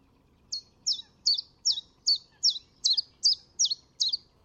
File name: pouillot veloce